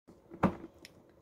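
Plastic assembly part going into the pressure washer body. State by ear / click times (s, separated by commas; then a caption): not seated / none. A plastic assembly part is pushed into its slot on the body of a Sun Joe electric pressure washer, but it does not line up. Soft handling rustles lead to a loud knock at about 0.4 s, followed by a sharp tick near 0.9 s and a faint one near 1.3 s, all from handling. The part has not clicked into place yet.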